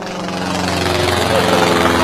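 A steady, buzzing engine drone like a small propeller plane, holding an even low pitch with a rough rattling texture and staying loud throughout.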